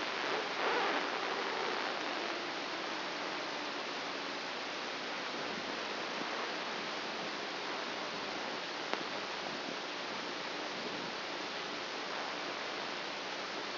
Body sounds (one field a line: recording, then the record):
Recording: brain microelectrode recording played as sound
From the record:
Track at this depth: inside the subthalamic nucleus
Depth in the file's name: 1.805 mm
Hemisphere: right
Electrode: 2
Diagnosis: Parkinson's disease